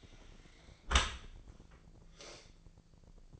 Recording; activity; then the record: daily activity, microphone in the room; close dishwasher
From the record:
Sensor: 5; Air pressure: 1012.4 hPa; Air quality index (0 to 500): 157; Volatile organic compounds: 2 ppm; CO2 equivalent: 1070 ppm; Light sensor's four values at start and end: 110/263/111/125 and 110/263/112/126